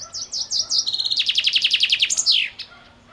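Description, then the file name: Common chaffinch song: a quick run of high notes descending into a rapid, rhythmic trill, ending in a sharp flourish. "Fringilla coelebs"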